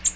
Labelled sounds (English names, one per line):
American Redstart flight call